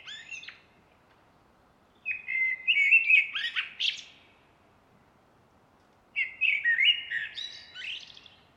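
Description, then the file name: Common blackbird song: the tail of one phrase, then two longer warbled phrases of low fluting notes that break into high, thin twittering. "Turdus merula"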